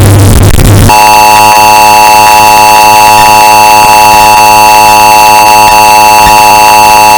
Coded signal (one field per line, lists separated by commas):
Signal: Emergency Alert System (SAME) tones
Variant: 853 and 960 Hz attention tone